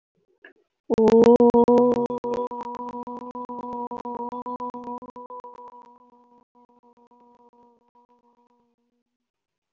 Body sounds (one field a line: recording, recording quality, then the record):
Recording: sustained vowel as in boot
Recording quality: excellent, no background noise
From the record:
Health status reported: healthy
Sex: female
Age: 31 years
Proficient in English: yes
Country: India